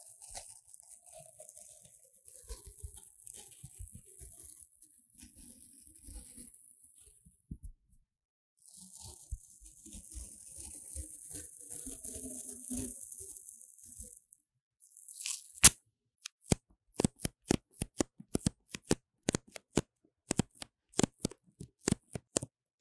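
Paper tape is handled against the mic, with two long hissy rustling stretches and soft bumps, then a rapid series of sharp taps after fifteen seconds.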